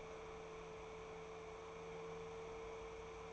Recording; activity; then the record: daily activity, microphone in the room; open fridge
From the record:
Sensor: 1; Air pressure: 1014.9 hPa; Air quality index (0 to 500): 191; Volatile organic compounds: 21 ppm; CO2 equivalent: 2714 ppm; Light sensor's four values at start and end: 33/82/35/42 and 33/81/35/42